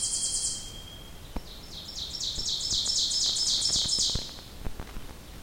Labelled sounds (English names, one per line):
Ovenbird song